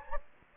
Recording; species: mosquito wingbeat signal from an infrared sensor; Anopheles gambiae